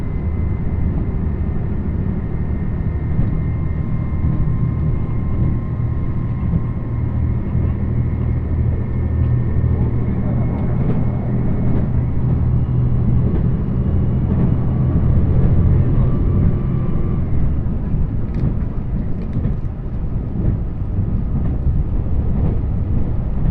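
A limited express train on a mountain line as it runs. A heavy, steady low rumble fills the whole clip, with a thin whine that holds through the first half and fades near seventeen seconds. Light clatter and ticks follow toward the end.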